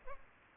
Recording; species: mosquito wingbeat signal from an infrared sensor; Culex pipiens